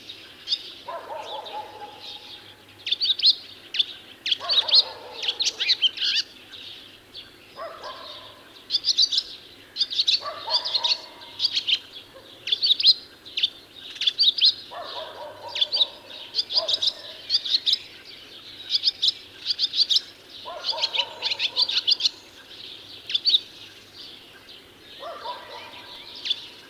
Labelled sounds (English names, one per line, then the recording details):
Barn Swallow song
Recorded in the wild
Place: Lütow, Insel Usedom, Mecklenburg-Vorpommern, DE
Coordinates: 54.032, 13.888
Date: 1975-06-13 13:15
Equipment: Nagra III BH, Sennheiser MD 21, parabola
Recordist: Schubert, Michael